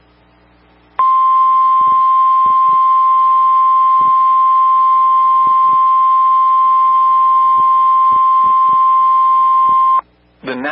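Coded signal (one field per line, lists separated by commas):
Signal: Emergency Alert System (SAME) tones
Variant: 1050 Hz attention tone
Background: speech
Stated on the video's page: Severe thunderstorm warning carrying valid EAS tones.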